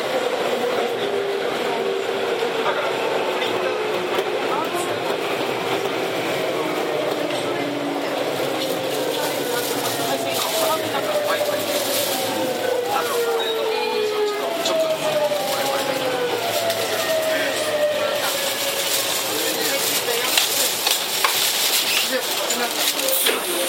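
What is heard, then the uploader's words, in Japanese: Onboard a Tokyu 7700 series train running from Kamata toward Gotanda, a steady rolling roar fills the whole clip. Gliding motor tones rise and fall in the middle range, with faint clicks and rattles throughout and a muffled voice underneath. 東急7700系 蒲田→五反田。東急7700系（7001F）蒲田→五反田。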